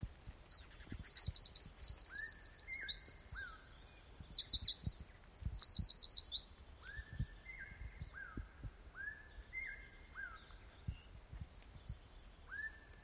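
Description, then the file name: Eurasian wren pouring out a very high, rapid, metallic trilling song for about six seconds, with another bird's repeated short downslurred whistles continuing underneath and after. "Troglodytes troglodytes"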